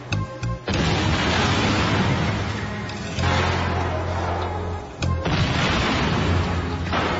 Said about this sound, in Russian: Наверное, лопнула труба с газом, и один из осколков, повалив Семена на землю, сильно ударил Калашникова.